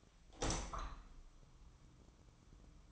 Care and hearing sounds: daily activity, microphone in the room; open window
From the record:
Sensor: 1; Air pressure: 1004.7 hPa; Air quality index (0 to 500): 111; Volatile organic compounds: 3 ppm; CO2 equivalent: 1531 ppm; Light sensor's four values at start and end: 8/20/8/9 and 8/20/8/8

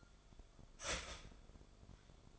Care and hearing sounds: daily activity, microphone in the room; start toaster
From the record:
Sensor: 5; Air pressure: 1014.8 hPa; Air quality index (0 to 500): 200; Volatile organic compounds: 9 ppm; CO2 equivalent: 2133 ppm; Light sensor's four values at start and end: 15/36/14/13 and 15/36/14/13

